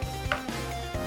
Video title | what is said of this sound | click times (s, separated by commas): Unboxing FeiyuTech SCORP PRO secara detail | sampai klik gitu ya. | 0.3 s